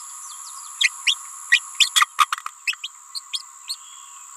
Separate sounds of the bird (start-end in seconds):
0.80-0.89, 1.06-1.15, 1.51-1.60, 1.79-1.90, 1.95-2.06, 2.18-2.27, 2.67-2.76, 2.83-2.89, 3.14-3.20, 3.33-3.42, 3.68-3.76